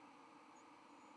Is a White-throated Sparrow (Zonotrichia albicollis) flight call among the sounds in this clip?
no